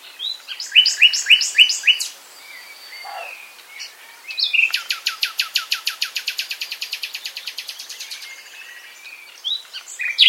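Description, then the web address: Common nightingale singing: a run of loud repeated chirps, a brief lull, then a long rapid rattle of even notes slowly fading, ending with sharp whistles. "SETE Luscinia megarhynchos"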